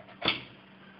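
A graphics card is lined up with the PCIe slot on the motherboard and pushed down until the slot's retention latch snaps shut, seating the card. A sharp, loud click at 0.3 s rises above a faint background hiss and decays quickly.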